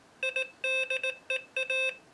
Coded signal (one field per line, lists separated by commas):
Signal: Morse code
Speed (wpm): 18 wpm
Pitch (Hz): 520 Hz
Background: none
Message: IDEA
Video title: Morserino-32 Extended Review